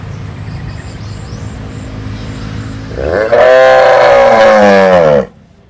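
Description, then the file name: Cattle: cow bellow: after a stretch of low rumbling background, a single strong moo rises, holds steady for about two seconds, then cuts off. "Tieng bo rong"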